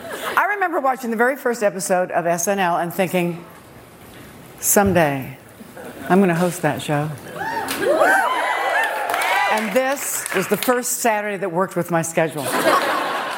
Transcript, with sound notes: I remember watching the very first episode of "SNL" and thinking, someday I'm going to host that show.
(CHEERING)
And this was the first Saturday that worked with my schedule.